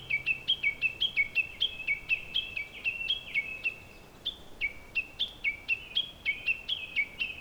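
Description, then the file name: Common nightingale song: a rapid run of sharp, falling two-part notes, then a brief pause and another fast repeated series; quiet background. "nightingale 2019 dec robert knoth und antoinette de jong"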